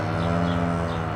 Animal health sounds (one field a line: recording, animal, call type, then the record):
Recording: contact call of a hoofed animal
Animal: cattle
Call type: low-frequency (closed-mouth) or high-frequency (open-mouth) call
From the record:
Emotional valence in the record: positive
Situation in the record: physical reunion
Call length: 1.16 s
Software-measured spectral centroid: 1580 Hz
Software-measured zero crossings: 1290 a second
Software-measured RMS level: -24 dBFS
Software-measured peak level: -11 dBFS